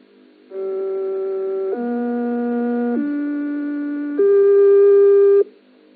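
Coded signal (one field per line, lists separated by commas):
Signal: numbers station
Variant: G08 interval signal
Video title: Zahlensender/Number Station "G08" (4 Note Rising Scale/Magdeburg Annie) DDR/GDR (1980)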